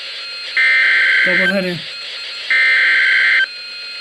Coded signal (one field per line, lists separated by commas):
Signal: Emergency Alert System (SAME) tones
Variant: header bursts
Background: speech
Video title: (DOUBLE HEADER!) Severe Thunderstorm Warnings #4-#5 - 03/06/17 (EAS #1,261-1,262)